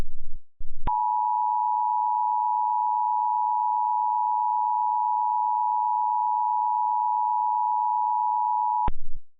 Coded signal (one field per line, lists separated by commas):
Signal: Emergency Alert System (SAME) tones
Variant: 853 and 960 Hz attention tone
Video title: EAS Mock: Snow Day!